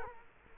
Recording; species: mosquito wingbeat signal from an infrared sensor; Culex quinquefasciatus